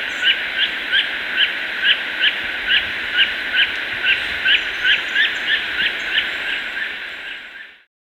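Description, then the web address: Great thrush giving short clipped call notes repeated steadily, nearly three each second, for about seven seconds, over background hiss. Recorded in Ecuador. "S America Birds of Ecuador. Great Thrush"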